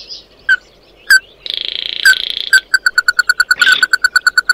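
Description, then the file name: Bird calls: scattered sharp notes, then a long buzzy rasp, followed by a fast, steady run of short ringing notes. "Tieng chim mat do"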